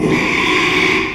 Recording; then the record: squeal of a Yucatan mini pig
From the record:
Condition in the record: after surgery on the right vocal fold (resection and tissue-engineered implant); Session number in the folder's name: 1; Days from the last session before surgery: 6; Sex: male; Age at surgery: 12 weeks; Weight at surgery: 13 kg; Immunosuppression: cyclosporine, prednisolone